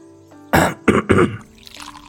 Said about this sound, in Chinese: 太师咳嗽了一声，似乎有话要说，众人都看他。